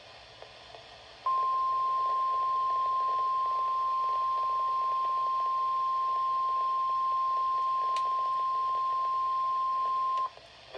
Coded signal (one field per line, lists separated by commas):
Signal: Emergency Alert System (SAME) tones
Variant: 1050 Hz attention tone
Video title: Severe Thunderstorm Warning For Frederick & Clark County VA And Parts Of WV (EAS #16)